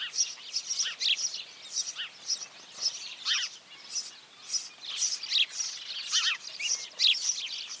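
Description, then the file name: House sparrow chirping: a busy flock of bright, overlapping chirps that rise and fall in waves without pause. "Passer domesticus"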